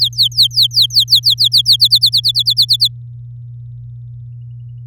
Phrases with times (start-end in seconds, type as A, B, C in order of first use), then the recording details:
0.01-1.76 A, 1.80-2.88 B. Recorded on 6 May 2018 at 09:19. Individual llb16